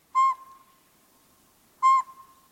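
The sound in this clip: Northern Pygmy-Owl giving two clear, single-pitched toots separated by a pause.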